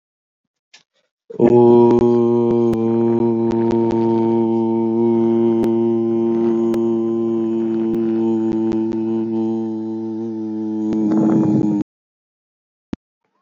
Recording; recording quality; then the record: sustained vowel as in boot; moderate, slight background noise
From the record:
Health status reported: healthy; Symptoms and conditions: none ticked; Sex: male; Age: 29 years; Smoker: not ticked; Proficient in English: yes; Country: India